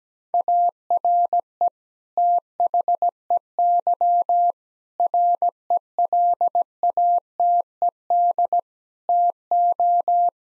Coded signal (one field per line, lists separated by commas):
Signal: Morse code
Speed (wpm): 17 wpm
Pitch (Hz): 700 Hz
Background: none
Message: ARE THEY RELATED TO